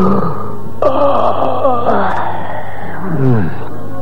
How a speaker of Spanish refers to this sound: Se levantó y estiró sus brazos bostezando.